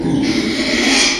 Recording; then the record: squeal of a Yucatan mini pig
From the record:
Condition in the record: after surgery on the right vocal fold (resection and tissue-engineered implant); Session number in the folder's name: 2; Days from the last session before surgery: 13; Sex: male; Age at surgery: 12 weeks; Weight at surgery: 13 kg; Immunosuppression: cyclosporine, prednisolone